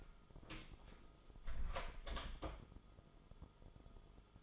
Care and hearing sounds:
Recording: daily activity, microphone in the room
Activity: close door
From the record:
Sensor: 5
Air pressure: 1005.3 hPa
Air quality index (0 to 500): 87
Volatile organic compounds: 2 ppm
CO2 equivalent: 1050 ppm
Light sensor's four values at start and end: 35/81/33/31 and 35/81/33/31

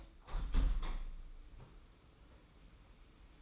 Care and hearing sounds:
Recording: daily activity, microphone in the room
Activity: open window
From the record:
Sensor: 1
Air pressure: 991.3 hPa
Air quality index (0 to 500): 117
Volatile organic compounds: 171 ppm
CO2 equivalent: 4109 ppm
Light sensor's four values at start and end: 38/117/46/48 and 38/119/47/49

